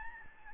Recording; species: mosquito wingbeat signal from an infrared sensor; Aedes albopictus